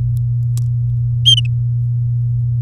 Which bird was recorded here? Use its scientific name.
Serinus canaria